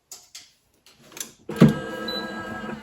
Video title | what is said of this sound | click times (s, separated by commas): Loklik Auto Heatpress Introduction & Watch Me Cut And Apply HTV (Heat transfer vinyl) | So I pushed it in and it locks in, and this drops down automatically. | 0.1 s